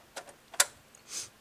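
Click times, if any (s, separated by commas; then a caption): 0.6 s. A hard drive in its mounting bracket is pushed into the drive bay of a Power Mac G4. Light plastic ticks at about 0.2 s and 0.3 s lead up to a sharp, bright click at 0.6 s as the bracket locks into place. A softer hiss-like rustle follows around 1.2 s.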